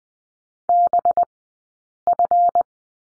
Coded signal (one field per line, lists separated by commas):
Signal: Morse code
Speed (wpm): 20 wpm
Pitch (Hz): 700 Hz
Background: none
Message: BF